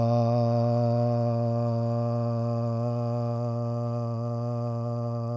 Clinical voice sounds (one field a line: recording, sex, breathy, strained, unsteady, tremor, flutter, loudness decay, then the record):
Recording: sustained vowel /a/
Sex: male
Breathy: absent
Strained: absent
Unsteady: absent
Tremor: absent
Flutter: absent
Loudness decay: absent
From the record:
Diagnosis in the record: Parkinson's disease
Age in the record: 71 years